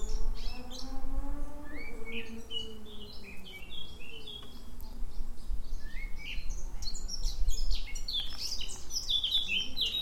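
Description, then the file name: Eurasian blackcap song, quick varied warbling phrases of squeaky and whistled notes, with a low droning hum that fades after the first few seconds. "Sylvia atricapilla"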